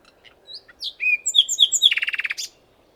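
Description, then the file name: Common nightingale song phrase: soft high whistles, three clear whistled notes, then a quick rattling trill ending in a sharp note. "Luscinia megarhynchos"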